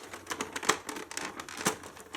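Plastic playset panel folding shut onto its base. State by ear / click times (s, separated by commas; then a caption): not seated / none. A Micro Machines Corvette Raceway plastic playset panel is folded shut onto its base for storage. The plastic parts rattle and scrape as they are handled, with sharp knocks at about 0.4, 0.7 and 1.7 seconds. Nothing has seated or snapped shut yet.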